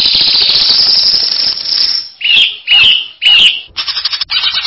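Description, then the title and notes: Greater green leafbird song: a long buzzy hiss, then three loud slurred whistles followed by rapid chattering notes. Champion singing bird, called cucak ijo. "Kicau Burung Cucak Ijo Juara. Suara kicauan burung cucak ijo"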